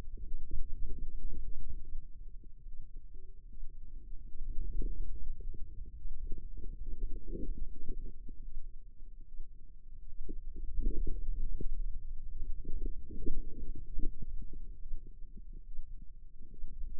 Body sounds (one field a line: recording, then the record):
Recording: forearm muscle sounds (acoustic myography)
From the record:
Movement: radial deviation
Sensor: system 2, bracelet of six BSWA MPA416 microphones around the upper forearm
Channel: 2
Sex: female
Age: 25 years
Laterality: right